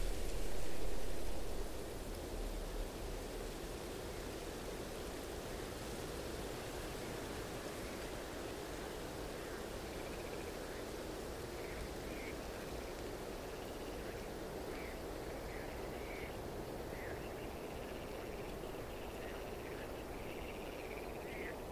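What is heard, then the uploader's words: Frogs call faintly from a wetland beside a road at night, their short chirps repeating now and then in the second half. A dense, steady hiss of low rumble and wash fills everything, slightly louder in the first two seconds before settling evenly. A few brave frogs in the wetland next to the road sing their song into the night.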